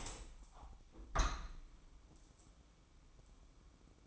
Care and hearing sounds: daily activity, microphone in the room; open window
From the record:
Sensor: 1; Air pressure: 1000.5 hPa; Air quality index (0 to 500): 180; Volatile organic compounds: 4 ppm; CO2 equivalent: 1658 ppm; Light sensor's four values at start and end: 10/24/10/11 and 11/26/10/12

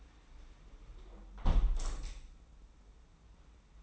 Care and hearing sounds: daily activity, microphone in the room; close window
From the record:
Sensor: 1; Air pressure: 991.3 hPa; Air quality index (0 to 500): 115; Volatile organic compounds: 149 ppm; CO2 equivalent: 4016 ppm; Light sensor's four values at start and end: 38/118/46/48 and 38/117/46/48

